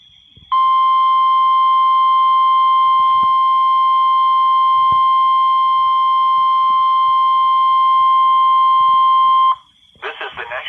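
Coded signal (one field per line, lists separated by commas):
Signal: Emergency Alert System (SAME) tones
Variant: 1050 Hz attention tone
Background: speech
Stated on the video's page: NOAA Weather Radio required weekly test, 162.55 MHz, received on a Realistic 12-141 radio.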